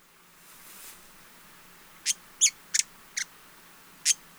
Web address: Hyacinth visorbearer. صدای-پرنده-آفتابگیر-سنبلی